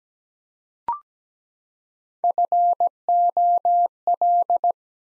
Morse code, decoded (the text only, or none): FOL